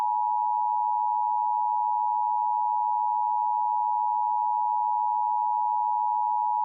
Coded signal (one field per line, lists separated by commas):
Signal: Emergency Alert System (SAME) tones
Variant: 853 and 960 Hz attention tone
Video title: EAS Mock: Illinois RMT with DASDEC Kal